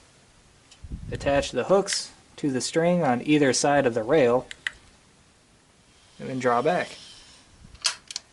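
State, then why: Seated. Someone talks while a rope cocking aid looped around the buttstock of a Jaguar 175 lb crossbow, with its hooks attached to the string on either side of the rail, draws the string back. A sharp click at 7.9 s is the string latching into the trigger mechanism, and the crossbow is fully drawn.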